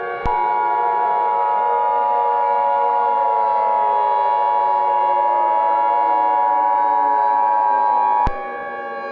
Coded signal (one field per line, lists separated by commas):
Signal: Emergency Alert System (SAME) tones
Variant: 853 and 960 Hz attention tone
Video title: USA EAS(39) (Homestead, Florida)